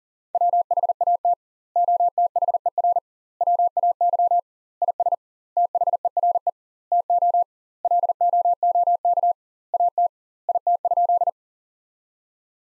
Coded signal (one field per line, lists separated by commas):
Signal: Morse code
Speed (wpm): 40 wpm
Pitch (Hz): 700 Hz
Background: none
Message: WHAT OTHER WAY IS THERE TO LOOK AT IT?